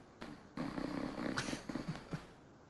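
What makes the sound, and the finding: Adult man, acted. Snoring.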